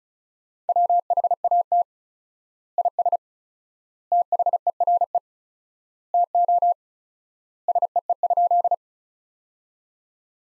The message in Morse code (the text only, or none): WHAT IS THERE TO SEE?